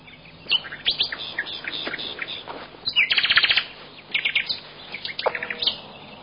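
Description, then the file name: Birds twittering busily, overlapping high chirps and a rapid buzzy trill midway, with scattered sharp notes throughout. "uccelli birds"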